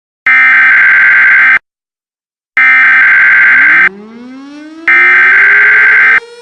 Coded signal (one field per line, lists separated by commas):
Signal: Emergency Alert System (SAME) tones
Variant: header bursts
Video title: EAS Scenario #2: Suicide Ghost